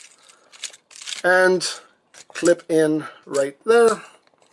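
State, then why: Not seated. A plastic body section of a Transformers Masterpiece Movie Optimus Prime robot figure is flipped back down toward the toy's frame while someone talks, with a few faint handling ticks. Nothing has seated or clicked into place yet.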